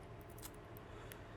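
A second watch strap is pushed back onto the smartwatch case lug using its push-button quick-release connector, snapping into place securely. Two short, faint clicks are heard at 0.8 s and 1.1 s over a steady low background hiss.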